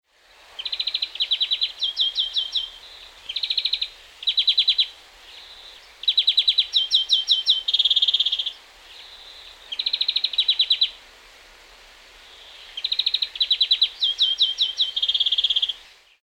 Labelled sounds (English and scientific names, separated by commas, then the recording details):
European Greenfinch (Chloris chloris)
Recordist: Tembrock, Günter
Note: Gesang